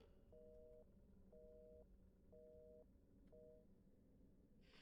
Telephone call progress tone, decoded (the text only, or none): busy tone